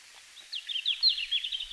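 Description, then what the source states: Red-flanked bluetail song: a quick run of slurred, high chirping notes, a little over a second long. Recorded in Finland on 17 June 2019 at 17:00.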